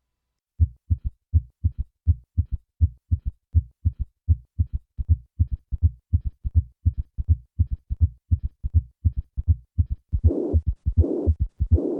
Listen to the sounds of acute, severe mitral regurgitation. Begin with normal heart sounds and then add the third heart sound, then the systolic murmur, and finally the diastolic rumble.